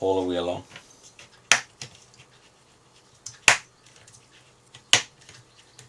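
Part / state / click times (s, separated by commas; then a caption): plastic snap clips of a laptop cover/bezel releasing from the chassis / released / 1.5 s, 3.5 s, 4.9 s. A plastic pry tool (plectrum) is run slowly along the edge of a laptop's plastic cover or bezel during disassembly, and the plastic snap clips release from the chassis. Someone talks at the start, then loud sharp pops are heard at 1.5 s, 3.5 s and 4.9 s as each clip lets go, with fainter clicks in between. The clips pop open one after another all the way along.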